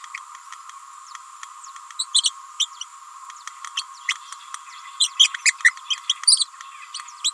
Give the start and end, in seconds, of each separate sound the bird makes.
1.99-2.06, 2.13-2.22, 2.59-2.69, 3.76-3.85, 5.00-5.10, 5.19-5.29, 5.45-5.54, 6.09-6.13, 6.26-6.46, 7.24-7.31